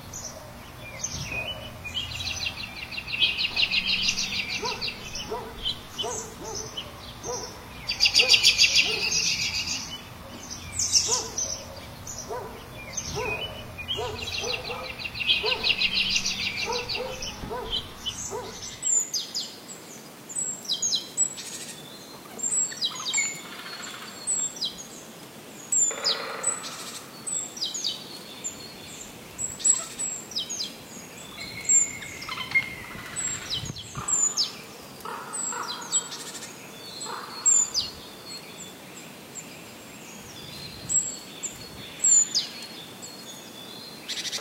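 Natural outdoor sound: birds chirp and call throughout, with bright bursts of song and quick tweets scattered across the clip. A low rumble and hiss fill the first eighteen seconds, then cut off, leaving a quieter, clearer background for the calls.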